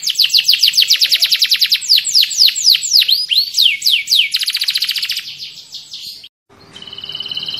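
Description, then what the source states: Atlantic canary song: a fast rolling trill, then looping swooped whistles and a buzzy rattle, ending after a short pause with a thin sustained tone. Kenari (canary) in the 'kalitan' style, titled 'gaya gela gelo'.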